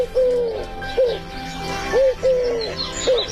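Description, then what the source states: Eurasian collared dove cooing: several soft hollow notes, some drawn out and some short. Call rendered 'coo-coo-coo', second note heavier, repeated many times; gregarious species living around farmland, villages, houses and power lines.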